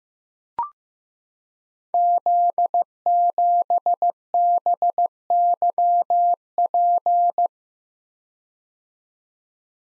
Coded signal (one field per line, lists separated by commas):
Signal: Morse code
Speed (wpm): 15 wpm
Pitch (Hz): 700 Hz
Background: none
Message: Z7BYP